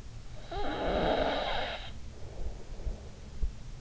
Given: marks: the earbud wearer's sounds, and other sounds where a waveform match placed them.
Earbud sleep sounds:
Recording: sounds in sleep by an in-ear microphone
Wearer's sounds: snoring breath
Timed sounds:
0.17-3.26 s: snoring breath

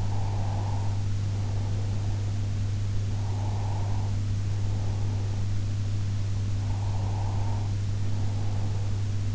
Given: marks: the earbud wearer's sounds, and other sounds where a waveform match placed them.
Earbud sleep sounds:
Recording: sounds in sleep by an in-ear microphone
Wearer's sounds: breath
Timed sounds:
0.00-2.56 s: breath
3.22-5.74 s: breath
6.71-9.31 s: breath

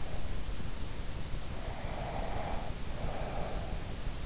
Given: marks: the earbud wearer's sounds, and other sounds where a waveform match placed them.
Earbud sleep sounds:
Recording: sounds in sleep by an in-ear microphone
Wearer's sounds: breath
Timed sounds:
1.85-3.69 s: breath

